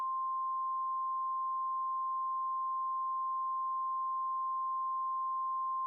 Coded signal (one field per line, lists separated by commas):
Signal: Emergency Alert System (SAME) tones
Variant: 1050 Hz attention tone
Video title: EAS Scenario - Hawaii Bombing